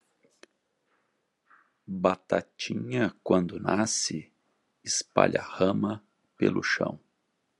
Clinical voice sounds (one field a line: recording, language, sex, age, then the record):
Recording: short text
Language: Brazilian Portuguese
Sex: male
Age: 50 to 59 years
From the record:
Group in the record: control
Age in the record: 59 years